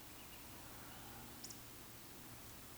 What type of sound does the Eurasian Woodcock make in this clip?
whistle